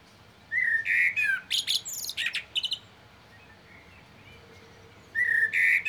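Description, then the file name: Common blackbird delivering a mellow whistled phrase that breaks into scratchy high twittering, followed after a pause by the start of the next fluted phrase. "Turdus merula"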